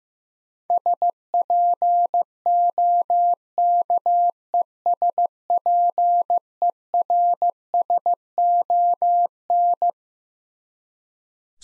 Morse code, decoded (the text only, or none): SPOKESPERSON